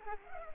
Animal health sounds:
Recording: mosquito wingbeat signal from an infrared sensor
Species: Culex pipiens

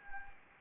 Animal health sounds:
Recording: mosquito wingbeat signal from an infrared sensor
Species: Anopheles arabiensis

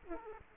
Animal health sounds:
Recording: mosquito wingbeat signal from an infrared sensor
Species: Aedes aegypti

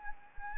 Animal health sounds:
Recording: mosquito wingbeat signal from an infrared sensor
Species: Anopheles arabiensis

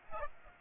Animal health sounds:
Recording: mosquito wingbeat signal from an infrared sensor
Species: Aedes aegypti

